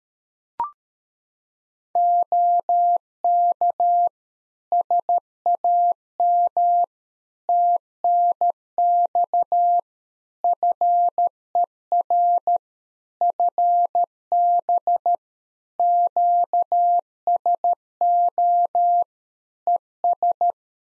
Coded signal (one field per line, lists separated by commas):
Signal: Morse code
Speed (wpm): 13 wpm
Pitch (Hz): 700 Hz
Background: none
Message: OK SAM TNX FER FB QSO ES